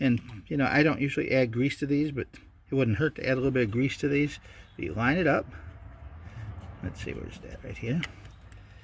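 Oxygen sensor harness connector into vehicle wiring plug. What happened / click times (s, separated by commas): Connector handled and lined up, not yet clicked home / none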